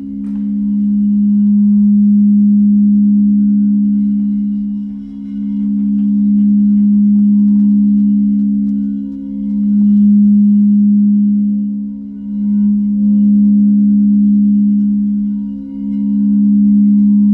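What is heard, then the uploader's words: Crystal bowls sing in a low, sustained drone that holds steadily for the whole stretch, with two close pure tones beating slowly against each other. The loudness swells and dips gently every few seconds, around 5, 9, 12 and 16 seconds, while faint higher overtones shimmer above. Crystal bowls. (C# +G# —> F + C#).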